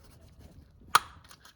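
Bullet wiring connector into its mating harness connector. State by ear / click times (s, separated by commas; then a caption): seated / 1.0 s. A bullet-style wiring connector on the engine harness of a Porsche 993 is pushed with forceps into its mating socket, and it clicks into place at 0.9 s with a single sharp, bright snap. A few faint light ticks follow near 1.3 s and 1.5 s over a quiet background, and the connector is seated.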